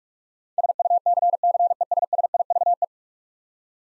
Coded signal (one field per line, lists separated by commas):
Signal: Morse code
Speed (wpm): 41 wpm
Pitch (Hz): 700 Hz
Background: none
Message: SUCCESSIVE